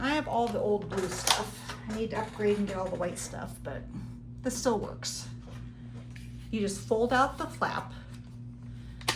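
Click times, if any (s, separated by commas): 9.1 s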